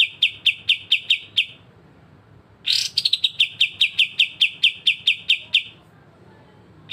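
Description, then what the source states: Streaked spiderhunter song: a quick series of high sharp chips, a gap, then a harsh onset note leading into a long run of steady chips. Bird recorded singing in full, clear, long bouts (gacor); intended as a training recording (masteran) for birds.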